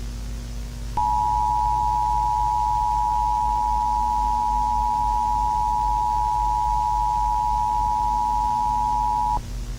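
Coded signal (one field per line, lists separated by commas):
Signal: Emergency Alert System (SAME) tones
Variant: 853 and 960 Hz attention tone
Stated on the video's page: Simulated mock EAS scenario.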